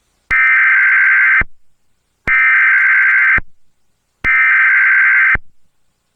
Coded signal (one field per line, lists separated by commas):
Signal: Emergency Alert System (SAME) tones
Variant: header bursts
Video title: Eas Tornado Waring